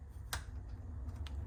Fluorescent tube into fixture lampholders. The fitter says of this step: and that snaps into place